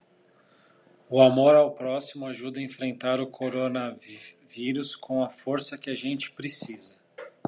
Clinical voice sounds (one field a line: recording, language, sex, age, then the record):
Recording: spoken sentence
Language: Brazilian Portuguese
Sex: male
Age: 40 to 49 years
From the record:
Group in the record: control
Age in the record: 40 years